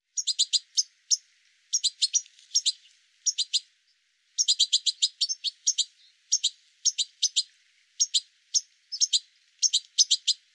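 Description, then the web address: Bird calling in clusters of quick, high, clipped chirps, three to six notes per burst, bursts separated by short pauses and one longer silence midway. "cianscape birddata"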